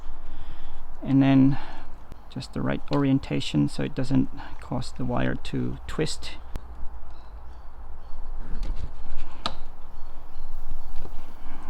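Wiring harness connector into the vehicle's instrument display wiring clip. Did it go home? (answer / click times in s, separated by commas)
no / none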